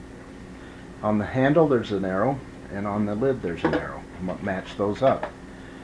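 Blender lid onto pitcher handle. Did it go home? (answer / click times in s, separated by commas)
no / none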